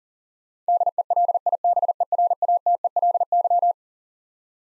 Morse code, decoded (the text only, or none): DELIBERATELY